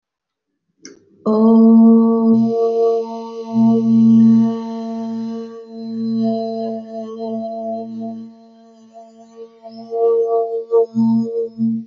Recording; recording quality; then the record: sustained vowel as in boot; excellent, no background noise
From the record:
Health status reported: healthy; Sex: female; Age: 31 years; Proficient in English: yes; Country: India